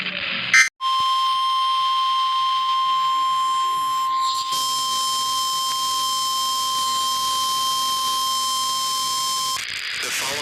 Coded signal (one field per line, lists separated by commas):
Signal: Emergency Alert System (SAME) tones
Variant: 1050 Hz attention tone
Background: speech